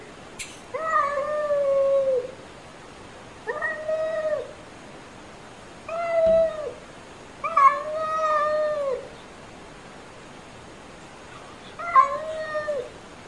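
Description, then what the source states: Cat meowing: five drawn-out, wavering meows spaced unevenly throughout, each a second or so long, with quiet gaps between. Unfriendly meowing.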